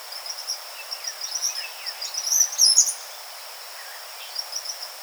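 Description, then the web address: Eastern kingbird sputtering calls: scattered high chirps and a loud chattering burst midway, then fainter notes, over a constant high-pitched drone. Recorded 4 January 2007. "Eastern Kingbird 2007 01 04"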